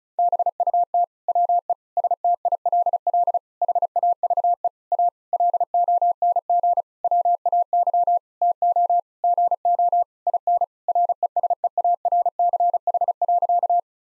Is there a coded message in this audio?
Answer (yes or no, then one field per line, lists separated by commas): yes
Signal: Morse code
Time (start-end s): 0.2-13.8 s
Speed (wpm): 34 wpm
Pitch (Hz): 700 Hz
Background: none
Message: BUT WE STILL HAVE A LONG WAY TO GO IN RESEARCH.